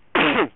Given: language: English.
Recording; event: throat vibration sensor signal played as sound; cough